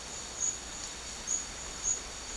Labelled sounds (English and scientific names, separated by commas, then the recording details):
none
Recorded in secondary vegetation near Puerto Asís, Putumayo, Colombia, on 8 March 2025 at 13:00
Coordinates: 0.499, -76.323
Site G094